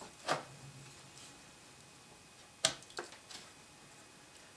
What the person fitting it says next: So it's plugged in, and you hear sort of a little snap sound. That's the tab snapping in.